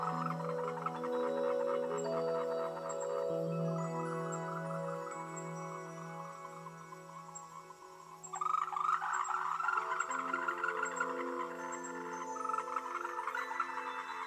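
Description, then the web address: Croaking frogs in a busy rattling chorus that grows louder midway, layered over sustained low droning tones. "otonoki frogs Dream"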